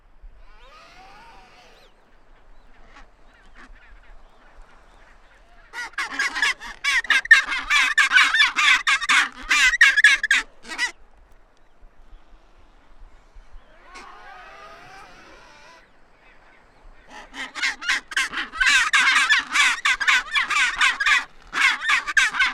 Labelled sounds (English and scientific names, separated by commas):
Chinstrap Penguin (Pygoscelis antarcticus) call